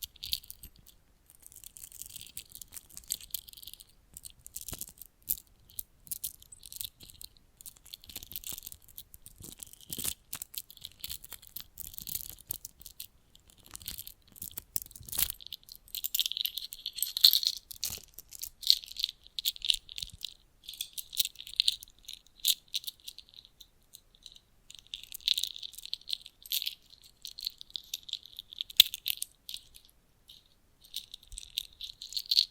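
Bracelets and jewelry boxes being handled: a continuous run of small, bright metallic clinks and rattles, dense and irregular throughout. The jingling comes in clusters with brief pauses, growing busier around the middle and again near the end, with occasional soft low knocks beneath.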